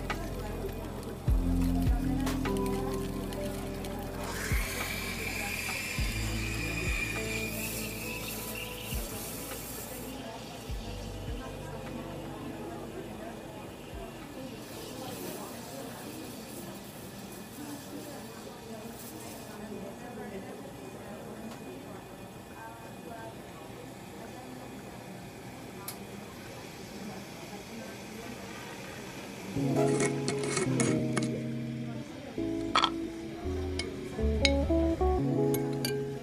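Coffee shop ambience with a steady murmur of overlapping voices throughout. Occasional clinks and clatters of cups and dishes cut through, with a hissing burst around five to ten seconds and another near fifteen. After thirty seconds the sounds grow busier and louder.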